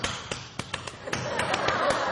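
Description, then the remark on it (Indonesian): A patterned run of sharp hand claps, a few spaced beats quickening into a denser rhythmic burst, an Indonesian Pramuka scout clap, crisp and moderately loud with no voices. “Itu tepuk pramuka itu, bos.”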